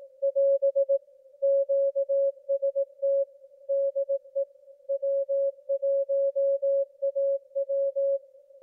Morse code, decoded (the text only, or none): <AS> QST DE W1AW